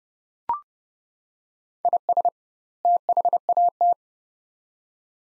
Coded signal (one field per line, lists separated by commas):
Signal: Morse code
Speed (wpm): 30 wpm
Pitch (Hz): 700 Hz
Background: none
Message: IS THAT